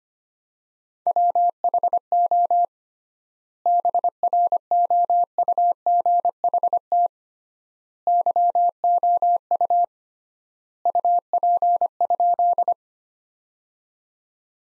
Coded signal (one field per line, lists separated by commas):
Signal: Morse code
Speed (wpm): 25 wpm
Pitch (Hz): 700 Hz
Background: none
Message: WHO BROUGHT YOU UP?